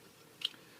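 The front leg section of a plastic Transformers Beast Hunters Grimwing figure is pulled outward until it seats in its detent, giving a sharp, brief click at 0.5 s (0.45 s) against a quiet background. A fainter tick follows at 0.9 s, and the leg joint is left clicked into position.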